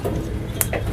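A removable plastic clip band is closed around a pigeon's leg and snaps shut with a sharp, bright click at 0.6 s, heard over a steady low background hum. A softer, duller sound follows at about 0.7 s. The band is seated.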